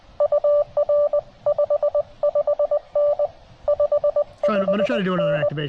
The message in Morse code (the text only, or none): UR 55N 55N